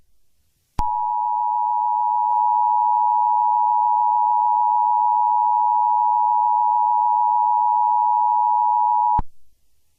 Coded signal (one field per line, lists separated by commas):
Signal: Emergency Alert System (SAME) tones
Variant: 853 and 960 Hz attention tone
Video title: *VALID TONES* EAS Scenario: Hell Storm